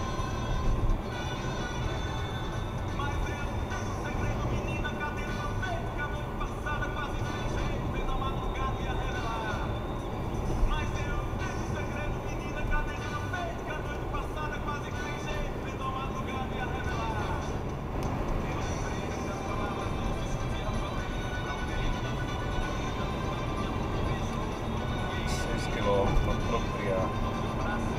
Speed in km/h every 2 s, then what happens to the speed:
93, 93, 97, 99, 102, 105, 108, 112, 116, 122, 126, 129, 130, 132.
0-28 speeds up to 132.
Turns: none.